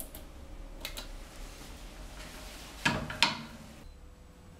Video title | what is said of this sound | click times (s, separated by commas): Обзор: динамометрический ключ пружинного типа Licota AQL-N3110 | Вот у нас щелкнуло на 100 ньютонах. | 2.9 s, 3.2 s